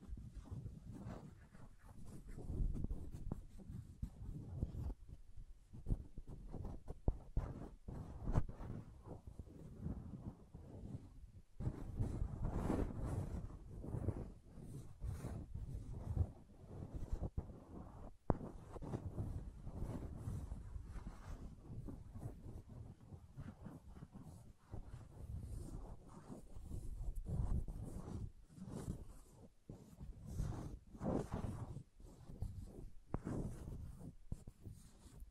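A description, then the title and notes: Wood triggers: a busy run of tapping, rubbing and scratching on wood with almost no pauses. The sounds are mostly dull and low, broken by quick crisp clicks and scrapes. A brief gap near the twelve-second mark interrupts the otherwise steady, irregular rhythm. ASMR Calming Wood Triggers for Sleep (No Talking).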